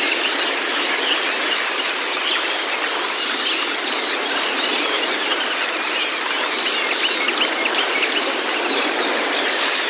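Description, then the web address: White-eye twitters: crowded, high-pitched chirps and short trills pouring out continuously with no quiet gaps. Meant to get the bird to open its beak and sing; used for training pleci. "pleci terapi buka paruh. masteran pleci"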